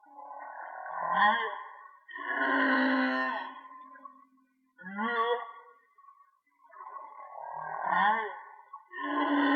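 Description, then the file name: Whale song: a series of short upswept grunts alternating with broad, harmonic moans, separated by brief silences, several phrases in all. "Whale Song"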